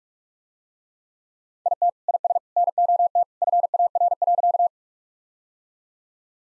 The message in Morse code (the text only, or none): IT IS NOT FAR.